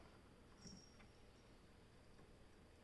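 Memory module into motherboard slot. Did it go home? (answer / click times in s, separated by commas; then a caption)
no / none. A memory module (RAM stick) is lined up with the notch in an opened motherboard slot before it is slid in and pressed home. Only quiet handling is heard over a steady faint high-pitched tone, with a brief soft rustle around 0.7 s. Nothing has seated or clicked yet.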